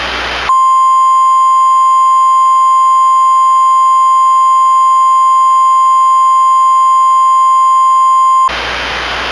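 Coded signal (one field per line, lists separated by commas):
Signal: Emergency Alert System (SAME) tones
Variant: 1050 Hz attention tone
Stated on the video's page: Simulated, fictional EAS scenario within an entertainment film.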